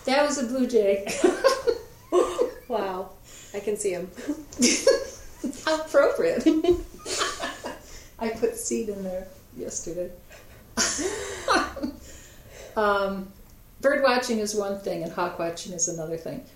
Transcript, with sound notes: That was a bluejay! [Laughter.]
Wow! I can see him. [Laughter.]
How appropriate! I put seed in there yesterday. Birdwatching is one thing, and hawk-watching is another thing.